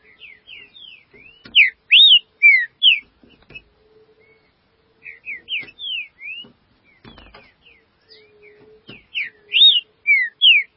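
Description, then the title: Green-winged saltator giving repeated phrases of loud downslurred and arched whistles between quieter notes, with a faint low hum and a few dull knocks in the background. "Trinca Ferro"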